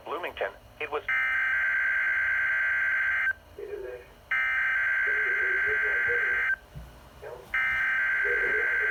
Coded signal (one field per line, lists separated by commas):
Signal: Emergency Alert System (SAME) tones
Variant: header bursts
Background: speech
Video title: Required Weekly Test on NOAA Weather Radio (EAS #27) 2022/04/05